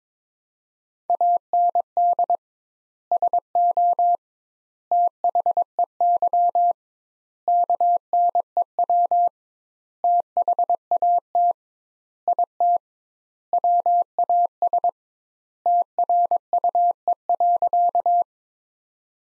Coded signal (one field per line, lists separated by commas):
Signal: Morse code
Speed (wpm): 22 wpm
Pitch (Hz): 700 Hz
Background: none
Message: AND SO THEY KNEW THAT IT WAS TRUE.